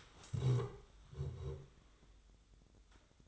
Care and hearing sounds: daily activity, microphone in the room; stand up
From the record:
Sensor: 3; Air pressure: 1005.0 hPa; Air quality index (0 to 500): 92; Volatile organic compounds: 3 ppm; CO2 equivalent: 1427 ppm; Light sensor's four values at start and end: 10/22/9/9 and 9/21/9/8

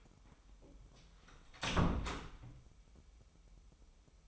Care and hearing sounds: daily activity, microphone in the room; close door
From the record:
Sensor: 1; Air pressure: 996.1 hPa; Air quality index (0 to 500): 34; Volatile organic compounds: 1 ppm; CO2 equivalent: 635 ppm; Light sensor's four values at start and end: 14/33/14/16 and 14/33/14/16

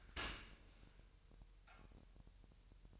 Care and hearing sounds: daily activity, microphone in the room; open dishwasher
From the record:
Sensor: 2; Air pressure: 1000.6 hPa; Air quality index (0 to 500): 248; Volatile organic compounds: 95 ppm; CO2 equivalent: 3724 ppm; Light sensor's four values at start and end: 9/22/9/9 and 9/22/9/9

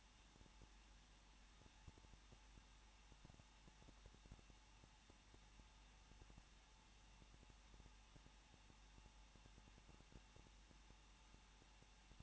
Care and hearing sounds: daily activity, microphone in the room; no activity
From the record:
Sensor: 1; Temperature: 20.1 degrees Celsius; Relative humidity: 39.1%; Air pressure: 1006.5 hPa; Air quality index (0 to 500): 217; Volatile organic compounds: 73 ppm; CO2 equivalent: 3547 ppm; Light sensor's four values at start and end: 1/2/1/1 and 1/2/1/1

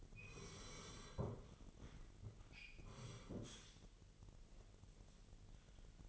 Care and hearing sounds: daily activity, microphone in the room; sit down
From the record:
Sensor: 4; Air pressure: 999.4 hPa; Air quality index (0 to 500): 108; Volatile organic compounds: 2 ppm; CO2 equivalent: 1064 ppm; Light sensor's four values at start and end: 11/26/10/11 and 11/26/10/11

